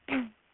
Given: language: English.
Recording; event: throat vibration sensor signal played as sound; throat clearing